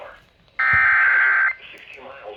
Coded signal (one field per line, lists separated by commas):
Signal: Emergency Alert System (SAME) tones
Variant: header bursts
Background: speech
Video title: AUGUST IS THE NEW JULY... EAS Alerts from 8/11/21 (EAS #620-643)